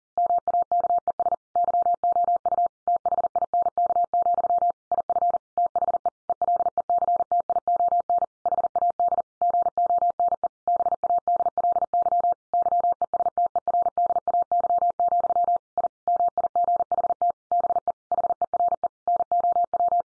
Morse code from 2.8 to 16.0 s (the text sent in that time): THINK, IF THE ELECTION HAD GONE BADLY YESTERDAY, I